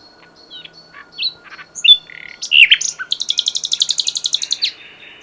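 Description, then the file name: Common nightingale song: scattered varied chirps and slurred notes, then a long, fast, even series of repeated ticking notes. "Luscinia megarhynchos"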